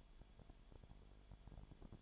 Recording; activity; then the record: daily activity, microphone in the room; no activity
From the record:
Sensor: 5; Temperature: 20.0 degrees Celsius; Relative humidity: 37.1%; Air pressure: 1007.4 hPa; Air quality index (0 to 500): 83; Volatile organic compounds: 1 ppm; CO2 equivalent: 951 ppm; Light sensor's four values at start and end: 2/3/1/1 and 2/3/1/1